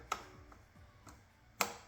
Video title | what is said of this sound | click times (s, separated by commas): 2022-2025 HYUNDAI KONA SE 2.0L Troubleshoot and Service Mass Air Flow Sensor (MAFS) and Air Filter | Slide it into place, listen for the click. | 1.6 s